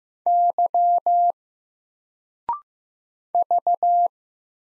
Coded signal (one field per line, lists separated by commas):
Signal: Morse code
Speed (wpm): 15 wpm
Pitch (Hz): 700 Hz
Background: none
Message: Y V